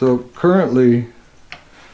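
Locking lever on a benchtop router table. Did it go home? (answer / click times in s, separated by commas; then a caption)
no / none. Someone talks while trying to close the locking lever on a benchtop router table, which is still in the unlocked position. A short, faint tick is heard at 1.5 s, but the lever fails to latch: nothing has seated or clicked into place yet.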